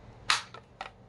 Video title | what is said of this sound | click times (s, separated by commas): MILWAUKEE TOOL BATTERY RACKS/HOLDERS FOR ENCLOSED TRAILERS | all you do is slide your battery in till you hear a click alright | 0.3 s